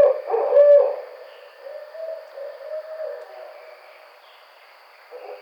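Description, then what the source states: Barred owl giving one loud hoot followed by softer drawn-out, wavering hooting notes that fade away, with a thin constant high hum behind. Recorded on 5 June 2009.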